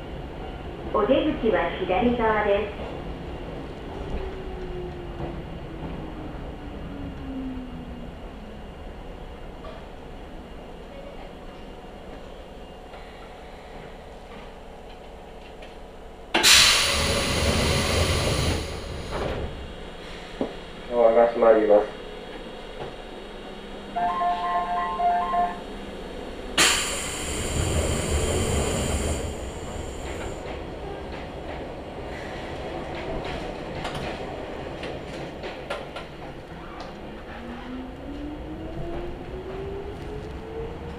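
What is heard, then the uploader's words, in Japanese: Recorded inside a local train running between small stations, with a steady low rumble throughout. A motor whine glides down in pitch early on and rises again near the end, with spoken announcements and a short chime in between. Two loud, hissing bursts come around 17 and 28 seconds. 伊豆箱根鉄道 大雄山線 穴部→塚原→五百羅漢。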